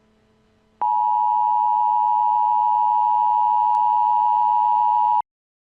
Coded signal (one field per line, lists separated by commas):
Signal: Emergency Alert System (SAME) tones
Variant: 853 and 960 Hz attention tone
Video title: DEATHNOTE - EAS Analog Horror